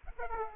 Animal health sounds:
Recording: mosquito wingbeat signal from an infrared sensor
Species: Aedes aegypti

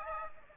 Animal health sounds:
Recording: mosquito wingbeat signal from an infrared sensor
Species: Aedes aegypti

